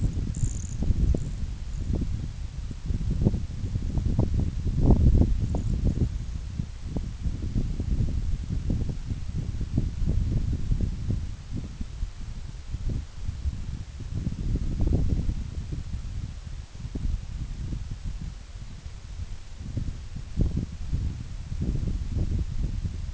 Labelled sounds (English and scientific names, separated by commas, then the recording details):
White-rumped Sandpiper (Calidris fuscicollis), unidentified sound
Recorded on Arctic tundra, site NAIT-1, on 26 June 2019
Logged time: 12:00